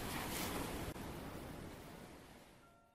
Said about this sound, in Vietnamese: Bên dưới từng con sóng thần đang hung hãn, tung bọt trắng xóa mỗi lúc một tới gần.